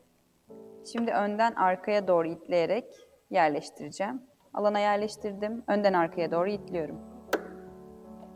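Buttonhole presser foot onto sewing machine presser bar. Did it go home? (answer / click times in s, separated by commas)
yes / 7.3 s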